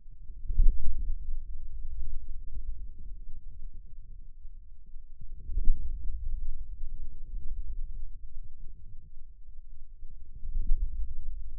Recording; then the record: forearm muscle sounds (acoustic myography)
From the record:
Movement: inward rotation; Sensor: system 2, bracelet of six BSWA MPA416 microphones around the upper forearm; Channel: 1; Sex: male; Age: 22 years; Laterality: right